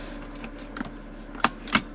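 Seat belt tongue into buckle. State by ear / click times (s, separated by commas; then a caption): seated / 1.4 s. During a car inspection of a BMW E90 328i, the metal tongue of a seat belt is pushed into its buckle to check that it locks. A couple of faint taps lead up to a sharp latch click at 1.4 seconds, followed by another loud click just after. The buckle latches and the belt is seated.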